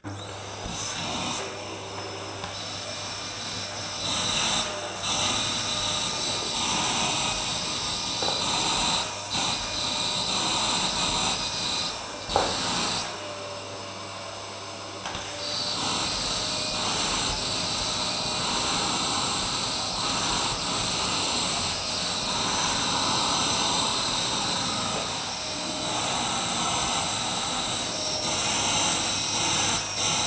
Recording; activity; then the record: daily activity, microphone in the room; vacuum cleaning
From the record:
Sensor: 2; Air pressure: 999.1 hPa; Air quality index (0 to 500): 202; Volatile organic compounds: 31 ppm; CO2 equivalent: 2983 ppm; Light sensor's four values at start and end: 6/14/5/6 and 6/14/6/6